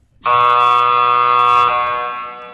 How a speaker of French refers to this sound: C'est fou. C'est un buzzer old school. Là. C'est comme des gymnases.